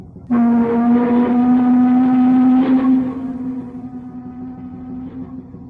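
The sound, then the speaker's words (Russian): A single long, low-pitched boat horn blast sounds abruptly and holds steady for about three seconds, rich with buzzing overtones, then drops to a quieter lingering drone, as the boat prepares to moor at the Mikhailovskaya pier. No one speaks. “Дай гудок. Может, он выбежит.”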